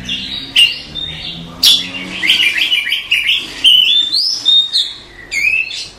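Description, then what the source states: Oriental magpie-robin singing a lively, continuous run of bright whistles, slurred trills and clipped chirps, with loud sharp accents breaking the flow. Tutor song for training cage birds.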